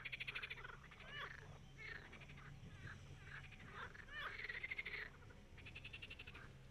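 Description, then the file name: Frogs giving rattling pulsed croaks in uneven bouts, with some short sweeping sounds and a low hum. "Froesche"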